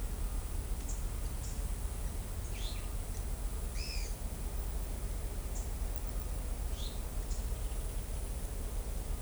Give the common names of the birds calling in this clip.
Blue-black Grassquit, Pale-eyed Pygmy Tyrant